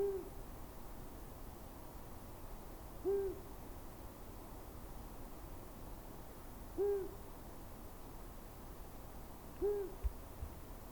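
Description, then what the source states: Long-eared owl song, four soft, deep, evenly spaced hoots roughly three seconds apart, otherwise a quiet, hissing night background. Male singing softly and distantly around midnight for nearly twenty minutes, edge of a Scots pine wood, 17 February 2021, Plateau de Lesches-en-Diois, Drôme; Nagra BB+, MKH40 cardioid pair.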